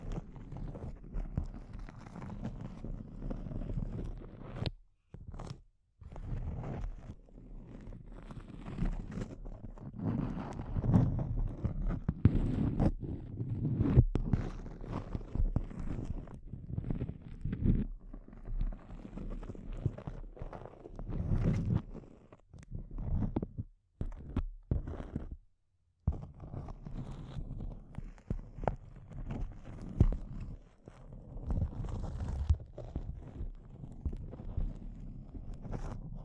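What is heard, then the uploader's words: Intense close-up crinkling runs almost without pause, a dense mass of crackles and rustles weighted toward the low end with sharp clicks on top. The loudness rises and falls in bursts, and a few brief silent gaps break it near 5, 6 and 24–26 seconds. ASMR Intense Close-Up Crinkles (No Talking).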